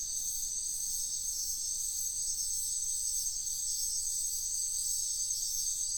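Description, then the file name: Crickets calling in an unbroken, high-pitched trill that holds steady for the whole stretch. Night ambience in a wetland at Sian Ka'an Biosphere Reserve, crickets and other insects calling. "felix blume nature ambience wetland night frogs crickets insects sian kaan biosphere reserve"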